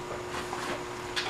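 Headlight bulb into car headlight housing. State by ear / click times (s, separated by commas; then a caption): not seated / none. A low beam headlight bulb on a 2009 Hyundai Elantra is handled and pushed back toward its headlight housing with its grooves lined up. Soft rubbing and handling noise sits over a steady low tone, with a brief brighter scrape near 1.2 s. Nothing has seated or clicked yet when the clip ends.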